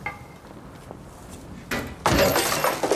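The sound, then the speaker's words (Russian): A plate is thrown and smashes: a short whoosh, then a loud crash of breaking crockery with bright, scattering shards that ring on for a second after a quiet start. “Тарелка летит в воздух.”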